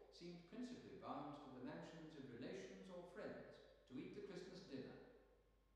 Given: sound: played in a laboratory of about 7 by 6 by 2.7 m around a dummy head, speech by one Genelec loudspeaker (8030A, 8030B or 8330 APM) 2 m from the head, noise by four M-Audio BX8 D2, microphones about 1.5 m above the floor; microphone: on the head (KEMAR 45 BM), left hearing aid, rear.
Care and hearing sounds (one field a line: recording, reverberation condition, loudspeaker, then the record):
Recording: male speech in English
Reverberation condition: high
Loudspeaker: 150 degrees to the right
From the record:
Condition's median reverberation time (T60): about 1300 ms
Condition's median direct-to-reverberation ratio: about -4.0 dB